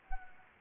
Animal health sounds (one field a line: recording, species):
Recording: mosquito wingbeat signal from an infrared sensor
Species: Anopheles arabiensis